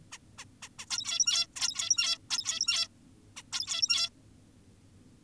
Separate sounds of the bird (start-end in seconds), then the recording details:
0.12-0.18, 0.38-0.45, 0.62-0.69, 0.79-0.86, 0.90-1.47, 1.56-2.18, 2.30-2.88, 3.37-3.43, 3.52-4.10. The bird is an adult. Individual g17y2U